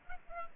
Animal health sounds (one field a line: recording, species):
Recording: mosquito wingbeat signal from an infrared sensor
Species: Culex pipiens